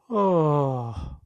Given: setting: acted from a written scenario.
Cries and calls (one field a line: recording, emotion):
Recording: vocal sound without words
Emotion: relief